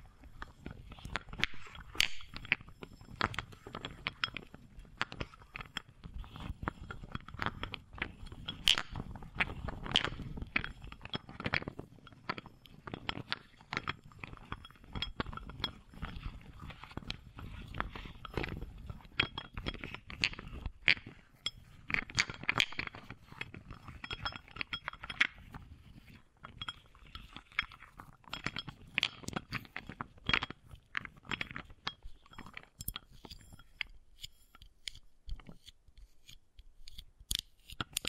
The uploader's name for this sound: Wooden Ball Triggers